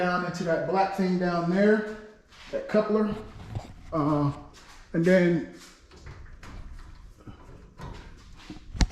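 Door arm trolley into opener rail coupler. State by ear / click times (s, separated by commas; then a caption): seated / 8.8 s. Someone talks while a garage door arm/trolley is pushed into the black coupler on the opener rail. A sharp click at 8.8 s marks it latching, and the trolley coupler is locked in.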